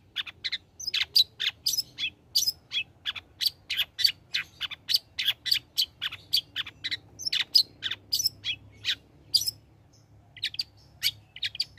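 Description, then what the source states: Long-tailed shrike song: a long, even stream of rapid scratchy notes that briefly pauses near the end, then returns more sparsely. Bird described as singing actively (gacor); recording made as tutor song (masteran) for training songbirds.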